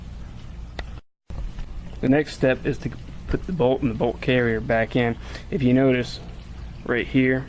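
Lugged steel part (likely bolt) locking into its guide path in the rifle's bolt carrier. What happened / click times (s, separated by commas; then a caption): The steel part twisted and locked into place / 0.8 s. During reassembly of an AK-pattern rifle, a lugged steel part, likely the bolt, is twisted so it rides into its guide path in the bolt carrier and locks in place. A sharp metallic click is heard at 0.8 s, after which someone talks. The part is seated.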